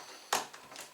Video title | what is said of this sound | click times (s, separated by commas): DIY in the Philippines locking door knob replacement | snaps in place like that | 0.3 s